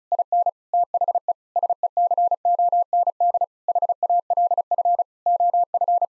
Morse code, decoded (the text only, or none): IN THE SECOND HALF OF